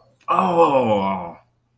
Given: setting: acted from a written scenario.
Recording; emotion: vocal sound without words; realization